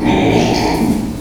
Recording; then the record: squeal of a Yucatan mini pig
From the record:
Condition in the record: before surgery on the right vocal fold (resection and tissue-engineered implant); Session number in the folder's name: 1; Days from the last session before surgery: -3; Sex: male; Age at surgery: 12 weeks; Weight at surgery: 13 kg